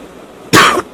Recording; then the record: coughing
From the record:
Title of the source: 31 night wet cough